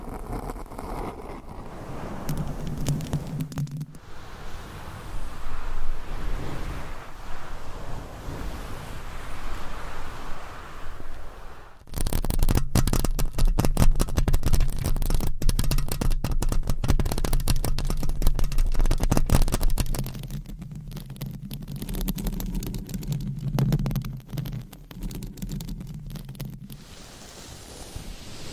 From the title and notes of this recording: ASMR Mic Scratching with 20 DIFFERENT MICS, Mic Covers & CLAWS! No Talking.